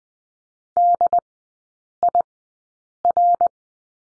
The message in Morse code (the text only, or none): DIR